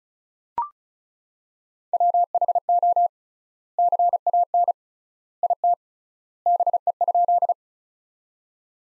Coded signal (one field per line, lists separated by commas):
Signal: Morse code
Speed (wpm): 36 wpm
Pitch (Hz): 700 Hz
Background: none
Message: WHO CAN IT BE?